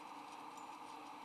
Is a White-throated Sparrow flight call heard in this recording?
no